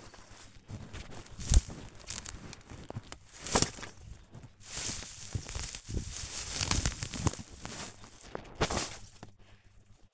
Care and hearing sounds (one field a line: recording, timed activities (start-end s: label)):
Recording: household activities, microphone on the right wrist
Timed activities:
0.00-10.14 s: cutting plants (near water)